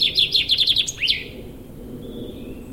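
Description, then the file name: Common chaffinch song ending: quick repeated chipping notes lead into a sharp final flourish, followed by soft background hiss and a faint whistle. "Fringilla coelebs"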